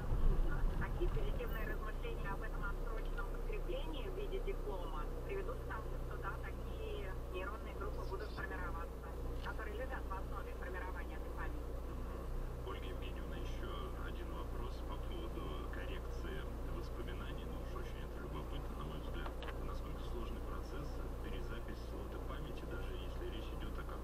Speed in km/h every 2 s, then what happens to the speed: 5, 0, 0, 0, 0, 0, 0, 0, 0, 0, 0, 0.
1-24 standing.